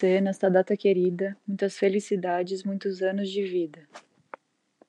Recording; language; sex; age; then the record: short text; Brazilian Portuguese; female; 20 to 29 years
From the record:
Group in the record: control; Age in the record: 22 years